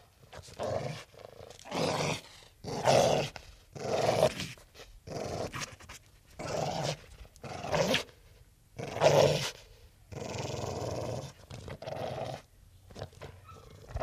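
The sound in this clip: Pit bull giving rough, growly barks in about eleven bursts, with some short breathy sounds between them.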